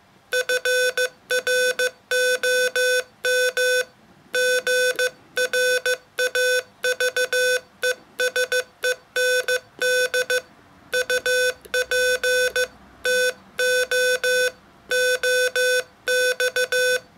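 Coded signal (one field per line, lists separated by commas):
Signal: Morse code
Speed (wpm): 15 wpm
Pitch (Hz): 500 Hz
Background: none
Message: FROM GRAVESEND UP TO OX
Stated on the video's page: Poem sent in Morse code as a soporific ASMR sound sculpture.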